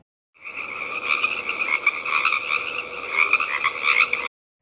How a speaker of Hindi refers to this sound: यह मेंढक हैं, लड़कों में से एक ने कहा। वे हमें बता रहे हैं कि तूफान खत्म हो गया है।